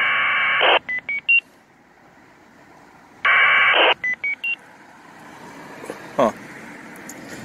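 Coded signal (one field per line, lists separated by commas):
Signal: packet radio (AX.25, as in APRS)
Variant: 1200 baud AFSK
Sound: two short harsh data bursts, each followed by three quick rising beeps, then hiss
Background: radio static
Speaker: those must be DigiPeters.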